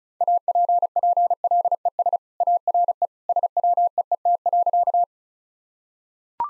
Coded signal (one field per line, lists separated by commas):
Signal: Morse code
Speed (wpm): 36 wpm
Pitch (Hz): 700 Hz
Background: none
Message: APPLES ARE SWEET.